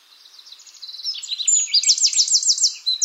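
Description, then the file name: Eurasian wren song starting softly, then surging into a loud, piercing, rapidly repeated trill of high notes that carries to the end. "Troglodytes troglodytes"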